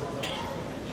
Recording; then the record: coughing mixed with background sound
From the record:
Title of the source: 55 gaggy wet cough